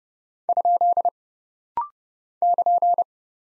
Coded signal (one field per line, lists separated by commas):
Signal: Morse code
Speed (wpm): 30 wpm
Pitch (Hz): 700 Hz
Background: none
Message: ? <KN>